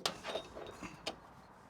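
A lever on the entry step height adjuster of a Wayfinder Go Explore RV step frame moves the metal entry step up one position, so the step won't sit too high and get bent when the door shuts. The step locks into its notch with a sharp metallic clink at 0.1 s, and a second, softer clink follows at 1.1 s. The step is seated in place.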